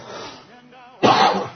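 After a stretch of soft voiced sound, an adult man who is ill with a hoarse throat gives one abrupt, loud cough or throat-clear.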